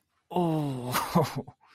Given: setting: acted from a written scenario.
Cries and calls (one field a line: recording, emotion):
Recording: vocal sound without words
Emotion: pain